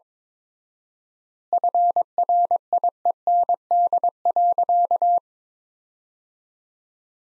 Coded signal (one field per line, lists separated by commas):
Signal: Morse code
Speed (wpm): 23 wpm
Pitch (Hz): 700 Hz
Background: none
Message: FRIEND.